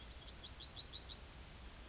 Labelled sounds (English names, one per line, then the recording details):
Yellowhammer song
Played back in grassland
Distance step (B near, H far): D
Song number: 120